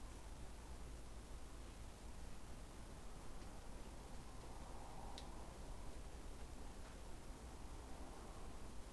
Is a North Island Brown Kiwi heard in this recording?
no